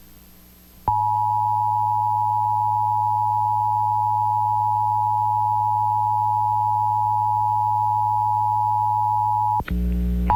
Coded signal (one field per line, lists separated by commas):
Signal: Emergency Alert System (SAME) tones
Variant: 853 and 960 Hz attention tone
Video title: Pennsylvania Required Monthly Tests (11/18/21)(EAS 986-991)